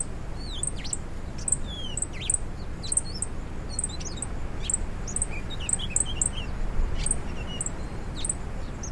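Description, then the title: Bird chirps, high and thin, repeated many times, with scattered short whistled notes, over constant low rumbling noise. "LuckyKumpulan SuaraBurung"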